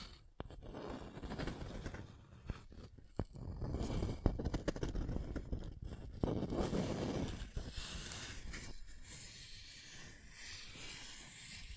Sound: Scratching & Tracing